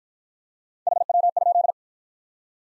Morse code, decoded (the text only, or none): HW?